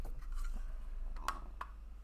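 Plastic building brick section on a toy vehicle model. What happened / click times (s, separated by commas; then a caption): Plastic toy brick parts snapped back into place / 1.3 s, 1.6 s. A wonky-looking plastic building brick section near the wheels of a toy vehicle model is pressed back together, since it probably wasn't clicked properly before. Two sharp plastic clicks ring out at 1.3 s and 1.6 s over a steady low hum. The section seats back into place.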